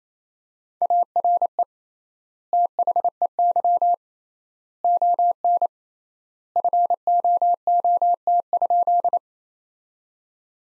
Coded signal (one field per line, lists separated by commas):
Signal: Morse code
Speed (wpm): 28 wpm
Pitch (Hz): 700 Hz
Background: none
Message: ARE THEY ON FOOT?